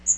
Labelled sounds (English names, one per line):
Magnolia Warbler flight call